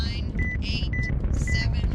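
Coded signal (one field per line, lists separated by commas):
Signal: none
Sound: game sound effects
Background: speech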